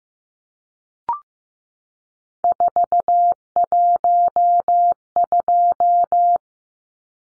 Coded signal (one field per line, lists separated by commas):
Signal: Morse code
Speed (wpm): 15 wpm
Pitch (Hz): 700 Hz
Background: none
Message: 412